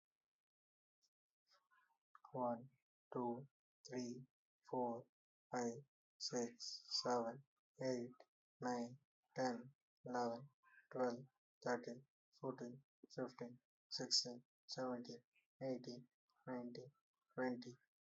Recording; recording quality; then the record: counting at a normal pace; excellent, no background noise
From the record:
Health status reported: healthy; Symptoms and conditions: none ticked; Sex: male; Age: 29 years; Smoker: yes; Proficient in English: yes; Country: India